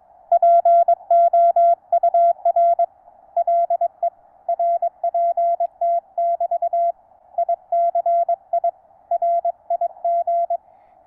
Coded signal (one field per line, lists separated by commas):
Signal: Morse code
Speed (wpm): 22 wpm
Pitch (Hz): 680 Hz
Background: none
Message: POUR LE RPT <BT> ICI RIG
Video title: NVIS Regional Radio Communications With Low-Slung Wire Antenna.